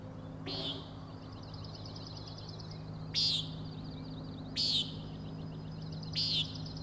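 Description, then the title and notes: Common nighthawk giving four harsh, nasal peent calls a second or more apart, the first softer, over a faint high pulsing trill. Three birds giving peenting calls while flying closely in follow-the-leader formation, near the recordist; Overlook, Schoodic Head, Acadia National Park, Winter Harbor, Maine; 16 June 2017, 4am. "Common Nighthawks, Schoodic Head 061617 4am. 3 common nighthawks making peenting calls and wings booms but also a rattling noise at the Overlook (410 ft) on Schoodic Head (435 feet) Schoodic division Acadia National Park Winter Harbor, ME"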